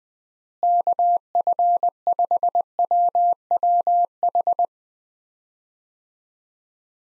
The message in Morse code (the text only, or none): KF5WWH